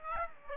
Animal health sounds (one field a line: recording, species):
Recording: mosquito wingbeat signal from an infrared sensor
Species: Aedes aegypti